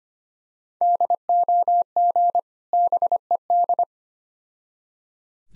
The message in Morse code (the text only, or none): DOG BED